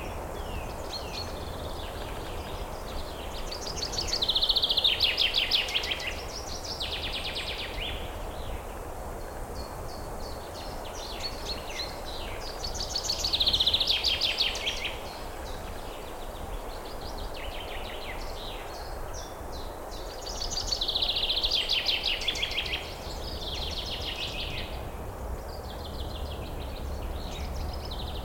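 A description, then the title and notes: Forest ambience with a steady low rumble and hiss underneath. A bird sings bright, fluttering phrases from a moderate distance, peaking in clear bursts near 5, 13 and 21 seconds, with softer chirps scattered between. Forest Sounds.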